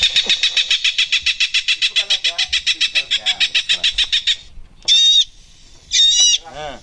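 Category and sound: bird, bird calling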